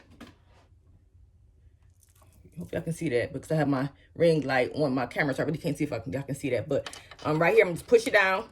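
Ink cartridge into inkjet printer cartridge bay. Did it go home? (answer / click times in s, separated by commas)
no / none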